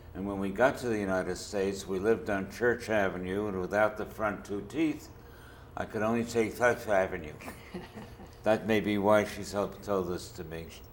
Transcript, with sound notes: And when we got to the United States we lived on Church Avenue. And without the front two teeth, I could only say "Thirth Avenue." [chuckles] That may be why she t—told this to me.